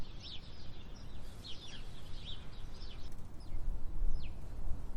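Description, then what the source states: Sparrows giving sharp, downward-sweeping chirps in an uneven flurry that thins toward the end, over constant wind roar that grows stronger near the close. Sparrows calling in windy conditions.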